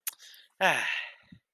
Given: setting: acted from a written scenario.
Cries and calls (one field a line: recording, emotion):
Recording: vocal sound without words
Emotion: contentment